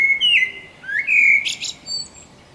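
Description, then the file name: Common blackbird song: clear fluted whistles sliding down and up, with a brief high squeaky twitter and short pauses between phrases. "Turdus merula"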